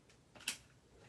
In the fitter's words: you hear it click on